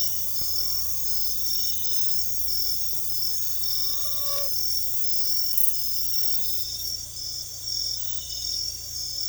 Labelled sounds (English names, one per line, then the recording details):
none
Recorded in secondary vegetation near Puerto Asís, Putumayo, Colombia, on 16 December 2024 at 00:00
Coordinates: 0.468, -76.324
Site G095